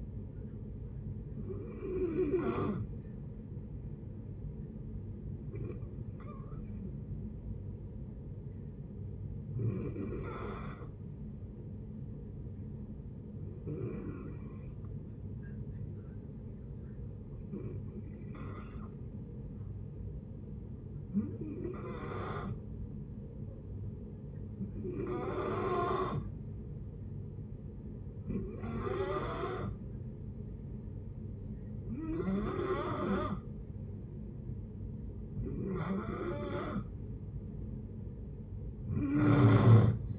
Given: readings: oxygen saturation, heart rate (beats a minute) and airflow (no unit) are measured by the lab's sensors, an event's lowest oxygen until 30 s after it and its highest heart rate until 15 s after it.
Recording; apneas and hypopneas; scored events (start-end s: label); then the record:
breathing in sleep by a smartphone at the bedside; 1
10.00-34.30 s: hypopnea (N1, oxygen 96% highest, then 89% lowest)
26.00-40.19 s: new sleep stage, N2 (light sleep)
From the record:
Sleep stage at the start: N1 (lightest sleep); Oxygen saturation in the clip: 87 to 96%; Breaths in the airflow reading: 11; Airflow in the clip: -7.3 to 7.3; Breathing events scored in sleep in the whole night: 496 in 5.4 hours asleep